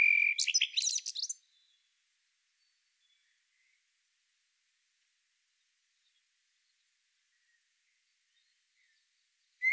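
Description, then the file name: Common blackbird phrase: a short whistled warble followed by a high squeaky twitter at the start, then long silence and a brief note at the end. "Turdus merula"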